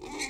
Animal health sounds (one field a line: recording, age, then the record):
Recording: pig call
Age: weaner (32 to 43 days)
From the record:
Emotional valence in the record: negative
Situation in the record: long isolation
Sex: female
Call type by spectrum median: high-frequency call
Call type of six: mixed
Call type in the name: high-frequency stable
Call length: 0.30 s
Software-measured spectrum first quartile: 1093 Hz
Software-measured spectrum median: 2371 Hz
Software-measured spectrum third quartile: 5313 Hz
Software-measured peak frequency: 2157 Hz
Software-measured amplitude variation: 114 dB a second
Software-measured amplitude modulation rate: 21.3 a second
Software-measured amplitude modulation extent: 5.4 dB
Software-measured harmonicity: 1.8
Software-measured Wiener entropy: -2.37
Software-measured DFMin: 1272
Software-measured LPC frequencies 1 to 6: 809, 2145, 3671, 4178, 5421, 6134 Hz